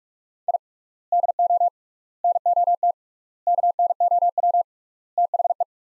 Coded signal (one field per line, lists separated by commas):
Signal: Morse code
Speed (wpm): 44 wpm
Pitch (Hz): 700 Hz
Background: none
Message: I DO NOT KNOW THE